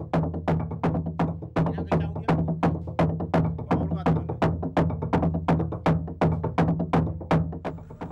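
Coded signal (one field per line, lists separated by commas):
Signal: drum signal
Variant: garamut slit drums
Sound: fast, regular hollow wooden drum strikes, about three per second, with a low resonant hum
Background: low hum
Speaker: in the village of tembu meri on the southern shore of lake chambray the garamut tomtom sound out announcing the initiation ceremony of the crocodile men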